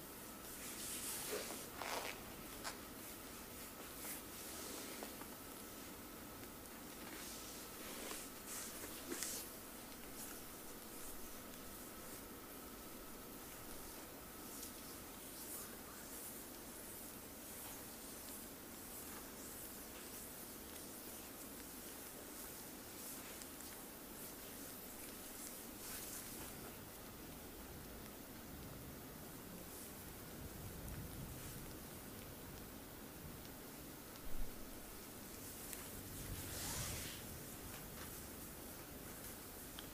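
A full body sport massage with a steady, soft hiss running throughout. Brushy rubbing strokes of hands on skin rise every few seconds, clearest near the start and around 26 and 37 seconds, over a faint, thin tone in the first half.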